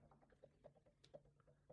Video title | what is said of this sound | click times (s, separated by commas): How to Use Your HP Smart Tank 5103 Printer - Step by Step Guide | Put it above the ink tank and press down until it clicks. | 1.0 s